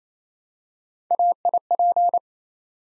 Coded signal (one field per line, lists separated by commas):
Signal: Morse code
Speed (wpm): 27 wpm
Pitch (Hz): 700 Hz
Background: none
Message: AIP